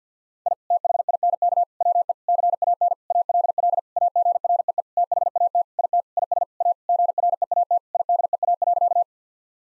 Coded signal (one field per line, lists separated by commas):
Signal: Morse code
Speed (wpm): 50 wpm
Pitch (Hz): 700 Hz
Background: none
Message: I THINK WE CAN ALL AGREE THAT IT IS A GREAT IDEA.